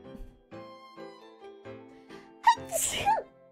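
An adult woman's series of soft, rising voiced catches builds over about two seconds, then gives way to one sharp, explosive sneeze with a bright hissing release. It is a single ordinary sneeze preceded by a drawn-out wind-up, heard in a quiet room.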